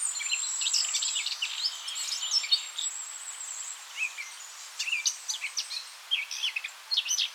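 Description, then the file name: Eurasian blackcap calls: a continuous jumble of high chirps early on, then separate sharp notes, with steady hiss underneath. "Sylvia atricapilla"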